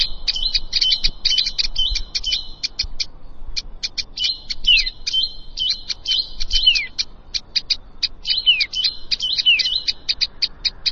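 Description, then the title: Plain prinia giving continuous high, buzzing and ticking notes, grouped in fast bursts with occasional downward-sliding whistles over soft low background noise. "Ciblek Sawah"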